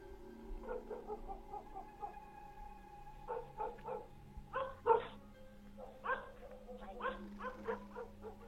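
A black dog runs out of a house and barks toward the gate on a rainy evening, persistently in quick, uneven bursts of sharp yaps, with a few short whining yips mixed in, over a steady low hum.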